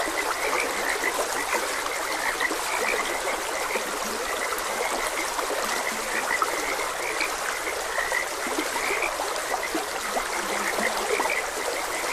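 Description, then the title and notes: Frogs croaking in a steady chorus of short, repeated mid-pitched notes over the constant hiss and trickle of running water. Frogs croaking beside a gentle stream. "Frogs Croaking. Sleep and Relaxation Podcast"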